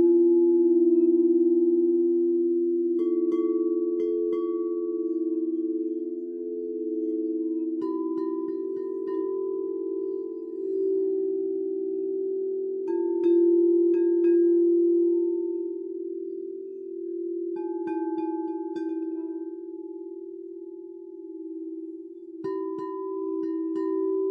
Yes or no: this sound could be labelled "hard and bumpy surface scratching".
no